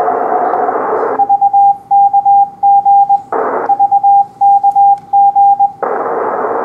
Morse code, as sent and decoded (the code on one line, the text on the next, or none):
...- -.- --. / ...- -.- --.
VKG VKG